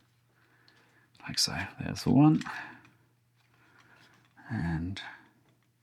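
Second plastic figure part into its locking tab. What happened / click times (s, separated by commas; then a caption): The plastic part is being handled and has not clicked home yet / none. Someone talks while handling the second matching plastic part of a Unique Toys UTR08 Dumb transforming figure (Transformers ROTF Skids), bringing it toward its locking tab, with faint handling noise between the speech. Nothing has seated or clicked yet; the clip ends just before the part goes home.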